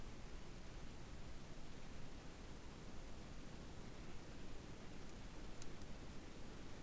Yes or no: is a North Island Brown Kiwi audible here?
no